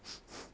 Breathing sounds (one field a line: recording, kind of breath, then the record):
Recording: one breath in and out by a microphone near the nose and mouth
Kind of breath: strong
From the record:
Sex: male